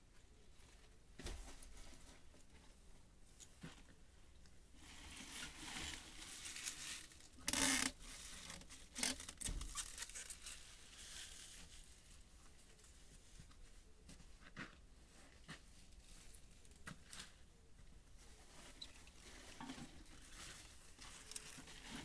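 Harvested mizukake greens are bundled for shipping: leaves rustle and crinkle while they are weighed and wrapped with tape. Small clicks and handling noises come irregularly, with a sharp, loud tearing burst near 7.5 seconds and a few smaller ones after.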